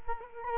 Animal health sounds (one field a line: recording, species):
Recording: mosquito wingbeat signal from an infrared sensor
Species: Culex quinquefasciatus